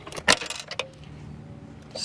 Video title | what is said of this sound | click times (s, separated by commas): DIY Home Solar System Install STEP by STEP | Snaps into place. Tighten it down. | 0.8 s